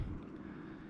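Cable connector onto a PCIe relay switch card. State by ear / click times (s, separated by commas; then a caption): not seated / none. A cable connector is being pushed hard onto a PCIe remote power switch (relay switch) card, a fit that takes quite a lot of force. Only a steady low-frequency rumble with faint handling noise is heard, with no sharp transients. The connector has not seated or clicked yet.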